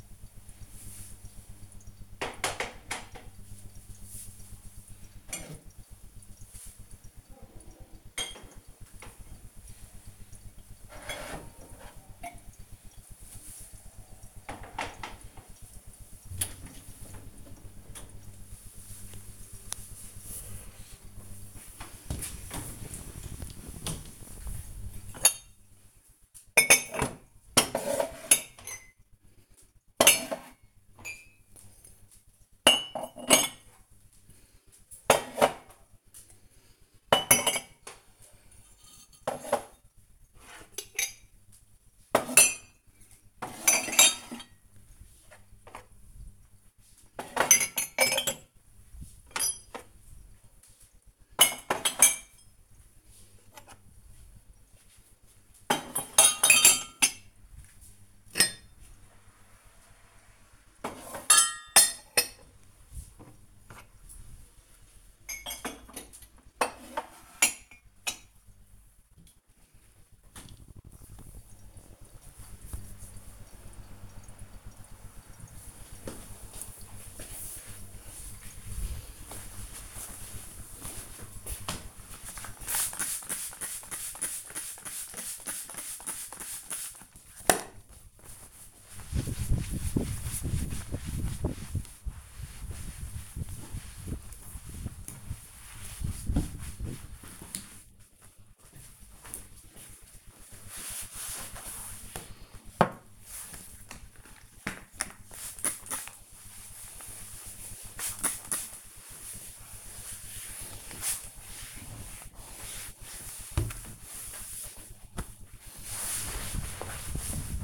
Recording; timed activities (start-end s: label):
household activities, microphone on the right wrist
20.25-69.65 s: putting away the dishes
77.73-117.64 s: cleaning table